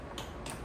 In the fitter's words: So you hear that clicking sound.